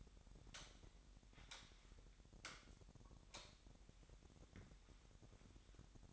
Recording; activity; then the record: daily activity, microphone in the room; light on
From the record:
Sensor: 3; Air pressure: 1011.9 hPa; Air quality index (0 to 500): 229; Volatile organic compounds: 4 ppm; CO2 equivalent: 1702 ppm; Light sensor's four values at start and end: 14/34/14/15 and 17/42/18/18